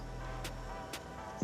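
A large interchangeable grip backstrap, swapped in for the medium one, is lined up by its slots against the frame of a striker-fired Springfield Armory California-compliant Echelon 4.5 pistol and pushed toward place. Over a steady low hum, two brief, faint scraping bursts sound near 0.5 and 0.9 seconds, followed by a louder low thump at the very end. The backstrap has not seated or clicked yet.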